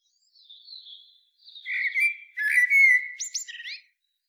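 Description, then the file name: Eurasian blackbird singing a full phrase: quiet high notes lead into a sustained, mellow fluted warble, closing with sharp squeaky chirps. "Turdus merula"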